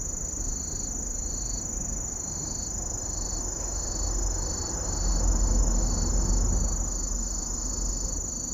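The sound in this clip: Kusahibari cricket song, a steady shrill high tone alongside evenly repeated high trilled bursts, with a low rumble swelling midway.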